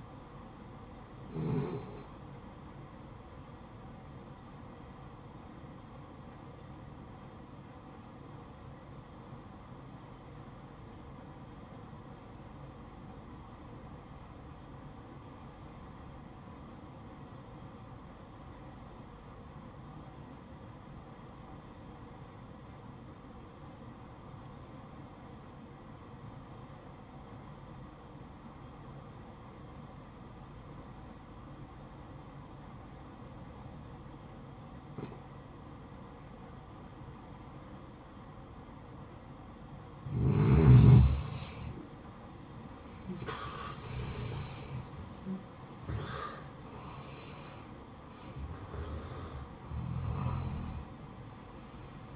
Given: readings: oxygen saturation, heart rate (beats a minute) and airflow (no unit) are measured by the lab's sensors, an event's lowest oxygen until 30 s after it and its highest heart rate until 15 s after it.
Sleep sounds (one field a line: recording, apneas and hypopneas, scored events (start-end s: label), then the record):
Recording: breathing in sleep by a smartphone at the bedside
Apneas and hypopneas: 1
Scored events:
8.00-41.80 s: obstructive apnea (REM, oxygen 91% highest, then 80% lowest, heart rate 59 at the start, 83 highest)
From the record:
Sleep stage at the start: REM sleep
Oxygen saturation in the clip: 78 to 91%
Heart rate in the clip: 54 to 83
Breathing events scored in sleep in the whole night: 573 in 9.8 hours asleep